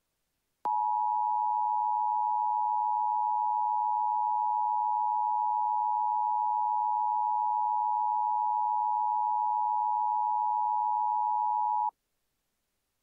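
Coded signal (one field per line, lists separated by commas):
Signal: Emergency Alert System (SAME) tones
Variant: 853 and 960 Hz attention tone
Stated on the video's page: Fictional EAS scenario, not a real alert.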